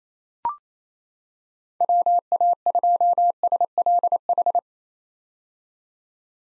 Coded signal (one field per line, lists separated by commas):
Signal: Morse code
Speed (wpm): 28 wpm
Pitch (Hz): 700 Hz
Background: none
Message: WA2SLH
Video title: 2023 POTA Hunter Call Signs - 28wpm